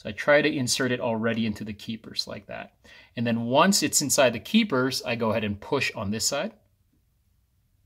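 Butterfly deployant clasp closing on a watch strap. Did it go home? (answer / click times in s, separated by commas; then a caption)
no / none. Someone talks while handling a metal butterfly deployant clasp on a watch strap worn on the wrist, with the strap already loosely inserted into the keepers, and starts pressing down on one side of the clasp. Speech runs until about 6.5 s, then near silence follows. Nothing has seated or clicked yet.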